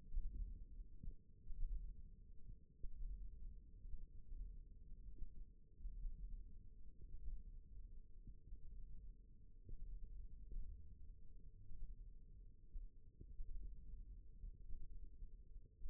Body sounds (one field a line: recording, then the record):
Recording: forearm muscle sounds (acoustic myography)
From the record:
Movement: thumb flexion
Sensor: system 1, eight BSWA MPA416 microphones around the upper forearm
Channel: 1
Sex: female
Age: 21 years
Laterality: right